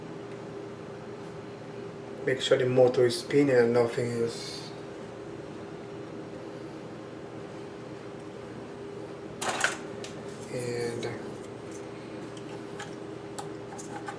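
Someone talks while a plastic quick-release propeller guard is handled and fitted onto the motor arm of a DJI Phantom quadcopter, with a sharp plastic clack around 9.4–9.6 s, softer handling noise near 11.0 s, and small ticks at 13.4 s and 14.1 s. The guard is being pushed toward its locking position, but nothing has seated or clicked yet.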